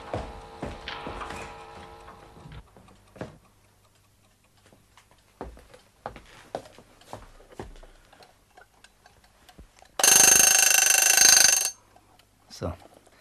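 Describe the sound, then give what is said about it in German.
An alarm clock in a bedroom is handled and set back one hour, with scattered mechanical clicks and ratcheting ticks, then a loud, harsh bell rings for under two seconds before a last few clicks. “Jetzt fehlt noch der Wecker in seinem Schlafzimmer.”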